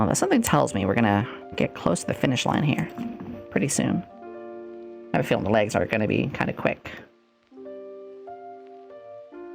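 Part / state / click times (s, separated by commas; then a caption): plastic model kit leg pieces into each other / not seated / none. Two plastic model kit leg pieces are being handled to be pressed into each other while someone talks over background music with steady tones. A few faint sudden sounds occur near 7.4 s and 9.6 s, but nothing has seated or clicked yet by the end of the clip.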